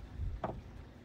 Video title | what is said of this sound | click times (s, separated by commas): 2004 Astro Van Front Door Panel Removal & Clip Mount Restoration | there we go once you hear the clicking sound it's loose | 0.4 s